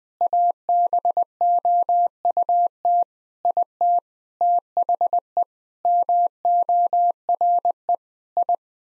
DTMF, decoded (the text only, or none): none